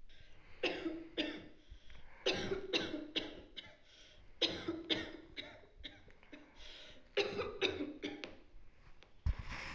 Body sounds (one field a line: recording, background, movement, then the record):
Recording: deep breathing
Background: a bystander coughing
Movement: sitting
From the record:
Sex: male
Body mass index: 20.6 kg/m2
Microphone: on the chest, facing the body